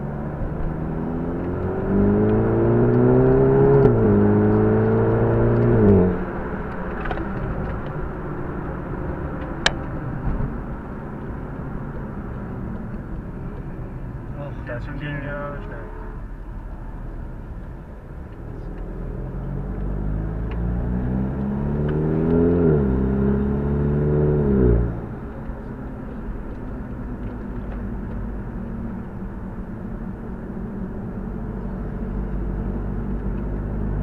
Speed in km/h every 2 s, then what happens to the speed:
52, 81, 103, 104, 86, 67, 49, 26, 17, 22, 43, 63, 70, 61, 53, 51, 61.
0-5 speeds up to 104. 6-16 brakes to 17. 16-23 speeds up to 70. 23-29 slows to 51. 29-34 speeds up to 61.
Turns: 13-21, 26-34.